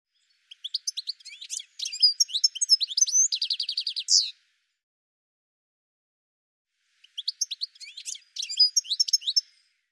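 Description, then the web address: Bird song with two bursts of high, rapid chirps and trills, the first ending in a fast buzzy rattle, separated by a few seconds of silence. "cianscape birddata"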